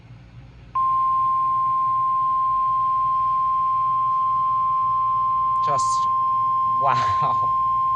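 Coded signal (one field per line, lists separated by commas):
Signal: Emergency Alert System (SAME) tones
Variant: 1050 Hz attention tone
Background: speech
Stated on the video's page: Two weather EAS alerts received on a BaoFeng UV-5R Plus used as a receiver, in the DC-Metro area.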